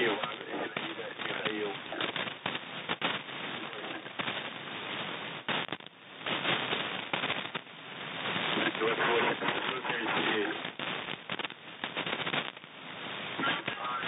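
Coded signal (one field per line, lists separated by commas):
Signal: coded military voice message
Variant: Russian, The Pip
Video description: "The Pip" is a Russian military radiostation that broadcasts on 5448 kHz at daytie and 3756 kHz at nighttime.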